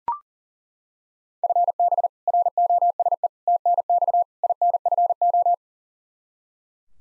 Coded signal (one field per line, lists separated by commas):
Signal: Morse code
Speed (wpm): 40 wpm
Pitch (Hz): 700 Hz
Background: none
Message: FB ROSE TNX INFO